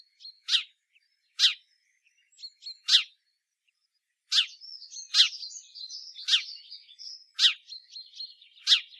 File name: Passer domesticus